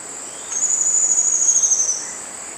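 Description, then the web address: Yasuni antwren song: a single thin, very high drawn-out whistle lasting over a second, falling slightly at the end, over a steady high insect hiss. Eastern lowlands of South America. "Natures Songs S America Eastern Lowlands. Epinecrophylla fjeldsaai, song"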